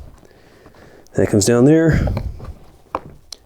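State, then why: Seated. While reassembling a 2009-2015 Honda Pilot car door, the last door lock rod clip is pushed down and clipped onto the latch assembly. Someone talks, then a sharp snap at 2.9 s shows the clip seating in place, followed by a smaller tick.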